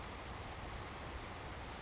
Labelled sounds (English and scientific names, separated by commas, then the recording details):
Savannah Sparrow (Passerculus sandwichensis)
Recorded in Sonoma County, California